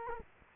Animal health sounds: mosquito wingbeat signal from an infrared sensor; Culex quinquefasciatus

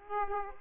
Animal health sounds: mosquito wingbeat signal from an infrared sensor; Aedes aegypti

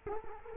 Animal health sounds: mosquito wingbeat signal from an infrared sensor; Culex quinquefasciatus

